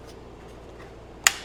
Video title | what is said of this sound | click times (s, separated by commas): DJI RoboMaster S1 Build Video | snap into place we'll put a little screw in there at t2 okay | 1.3 s